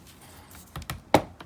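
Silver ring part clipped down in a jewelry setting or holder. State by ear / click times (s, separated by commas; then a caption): seated / 1.2 s. While making an Andamooka matrix opal silver ring, a part of the silver ring is clipped down in its setting or holder by pushing down hard on something soft. A few faint taps at about 0.8, 0.9 and 1.4 seconds surround one sharp, loud click at 1.2 seconds, when the part seats and is clipped down.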